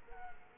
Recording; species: mosquito wingbeat signal from an infrared sensor; Culex quinquefasciatus